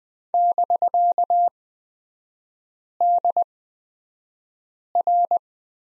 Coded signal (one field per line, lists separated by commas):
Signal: Morse code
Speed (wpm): 20 wpm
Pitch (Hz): 700 Hz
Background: none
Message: <BK>DR